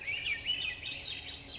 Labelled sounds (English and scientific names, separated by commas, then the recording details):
Swainson's Thrush (Catharus ustulatus)
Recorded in Sonoma County, California